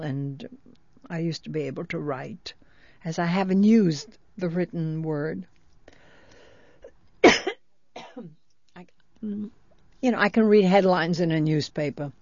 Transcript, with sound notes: And I used to be able to write. As I haven't used the written word. (she coughs) You know, I can read headlines in a newspaper.